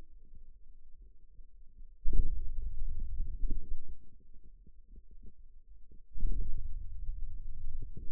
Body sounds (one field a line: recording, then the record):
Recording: forearm muscle sounds (acoustic myography)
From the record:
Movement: hand opening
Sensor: system 2, bracelet of six BSWA MPA416 microphones around the upper forearm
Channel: 5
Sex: male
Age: 22 years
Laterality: right